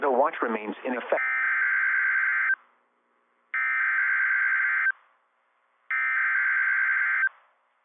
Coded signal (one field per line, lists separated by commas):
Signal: Emergency Alert System (SAME) tones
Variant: header bursts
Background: speech